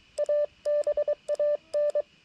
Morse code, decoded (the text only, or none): ABAN